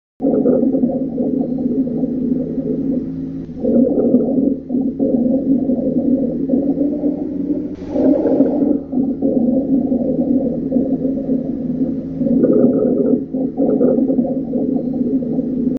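Low-pitched, continuous snoring and groaning tones run through every breath, about four breaths over 16 seconds (roughly 15 a minute). These are rhonchi, coarse continuous sounds from secretions or narrowing in the larger airways, heard over adult lungs.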